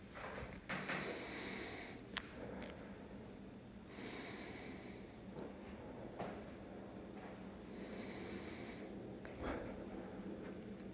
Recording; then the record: deep breathing after running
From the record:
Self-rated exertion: light exertion (2 of 6); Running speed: 6 miles an hour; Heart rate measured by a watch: 80 beats a minute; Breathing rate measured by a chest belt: 13 breaths a minute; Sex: male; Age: 27 years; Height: 185 cm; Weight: 76 kg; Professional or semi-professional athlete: no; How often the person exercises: over 5 times a week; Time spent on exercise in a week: over 5 hours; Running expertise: no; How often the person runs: over 5 times a week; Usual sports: running, weight training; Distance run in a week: 65 km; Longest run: 42 km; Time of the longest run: 214 minutes